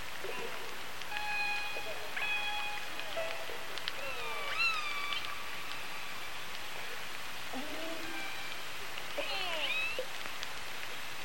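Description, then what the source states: Killer whale calls, a handful of harmonic tonal calls with short upward and downward slides, spaced irregularly over a constant background hiss. Resident killer whale I15, G-clan; calls described as pings.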